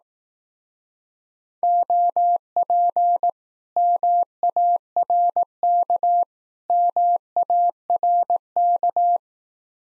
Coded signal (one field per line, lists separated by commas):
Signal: Morse code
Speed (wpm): 18 wpm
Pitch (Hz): 700 Hz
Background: none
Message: OP MARK MARK